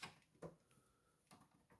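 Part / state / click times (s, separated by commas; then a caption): SSD or its retaining part going into a computer or laptop drive bay / not seated / none. An SSD or its retaining part is handled at a computer or laptop drive bay during an HDD-to-SSD upgrade, producing a few short knocks and taps near 0.0, 0.4, 1.3 and 1.7 seconds with faint rubbing in between. The clip ends before the part goes home, so nothing has seated or clicked yet.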